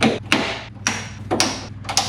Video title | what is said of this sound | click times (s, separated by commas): How to Install the Beltline Weather Strip in a 1966 Mustang | And you should hear that satisfying click every time you got a piece that goes in there. | 0.3 s, 0.9 s, 1.4 s, 2.0 s